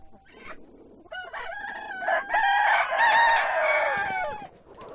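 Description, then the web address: Chicken: soft clucking, then loud drawn-out rooster crowing. Hens and roosters at a poultry farm. "granja avicola sonidos de gallinas y gallos"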